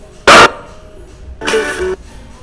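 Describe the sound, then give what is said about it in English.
A dog barks twice: a short, sharp, loud bark, then after a pause a longer, rougher bark with a tonal edge, with no voices alongside. “It's not real dog.”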